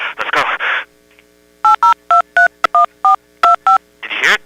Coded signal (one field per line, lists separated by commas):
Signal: DTMF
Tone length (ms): 120 ms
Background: speech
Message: 80231425